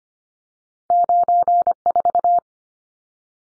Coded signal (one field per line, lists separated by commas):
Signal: Morse code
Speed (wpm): 25 wpm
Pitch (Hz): 700 Hz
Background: none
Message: 94